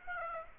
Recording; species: mosquito wingbeat signal from an infrared sensor; Aedes aegypti